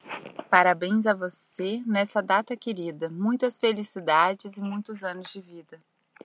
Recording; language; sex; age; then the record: short text; Brazilian Portuguese; female; 30 to 39 years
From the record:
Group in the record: control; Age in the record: 35 years